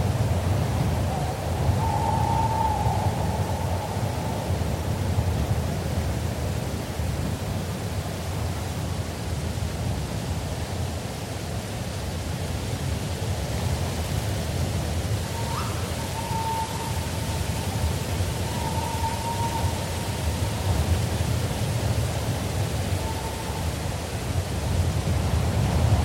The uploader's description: A cool breeze rustles the trees of the forest. Calls of a variety of birds of prey echo through the woods, including a red-tailed hawk and a tawny owl, among others.